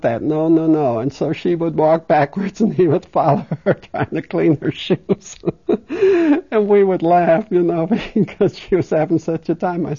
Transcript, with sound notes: No, no, no. And so she would walk backwards and he would follow her trying to clean her shoes. (She laughs.) And we would laugh, you know, because she was having such a time.